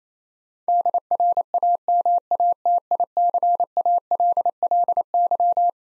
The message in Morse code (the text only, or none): DRAMATICALLY